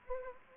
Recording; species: mosquito wingbeat signal from an infrared sensor; Anopheles arabiensis